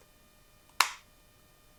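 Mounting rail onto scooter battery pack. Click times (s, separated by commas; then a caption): 0.8 s. A battery mounting rail, lined up with an electric scooter battery pack with its screws facing the battery, is slid on until it snaps into place. A single sharp, bright snap rings at 0.8 s and decays over about a quarter second, with quiet before and after. The rail is seated on the pack.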